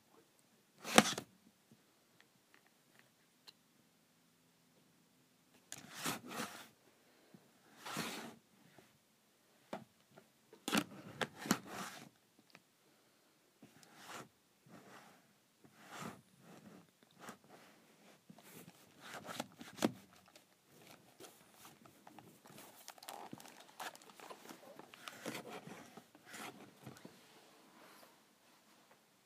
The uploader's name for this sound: Sliding my Calculator Cover